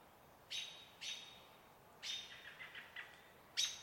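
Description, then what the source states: American Robin: four sharp, high calls, the third followed by a rapid chuckle of soft, lower notes. Evening calls, said to be slightly faster, near a still-water riparian area with cottonwoods in Cascades evergreen forest, Trout Creek Campground, 12 May.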